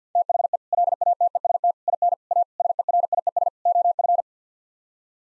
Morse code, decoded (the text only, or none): THE LATEST IN A SERIES OF